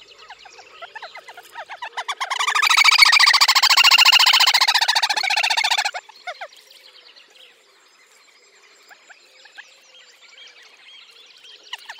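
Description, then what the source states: Little Grebe in a loud, rapid whinnying trill, about three seconds of dense shrill notes, with softer scattered trilling before and after. Synchronous duet between a pair.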